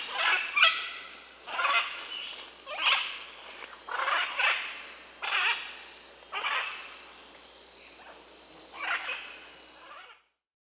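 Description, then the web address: Blue-and-yellow macaw uttering repeated coarse, raspy squawks roughly once a second, fading toward the end, with a constant high-pitched hum behind. Bolivia and Peru, Amazon region. "Birds of the Amazon. Blue-and-yellow Macaw (Ara ararauna), Bolivia, Peru"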